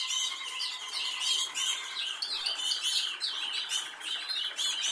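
Canary song, a dense stream of high chirps and fast trills with steady rolling tones underneath.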